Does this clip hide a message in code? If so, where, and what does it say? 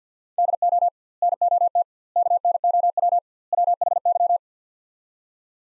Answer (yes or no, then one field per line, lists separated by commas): yes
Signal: Morse code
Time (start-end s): 0.4-4.4 s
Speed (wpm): 48 wpm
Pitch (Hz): 700 Hz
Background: none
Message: DO NOT KNOW WHY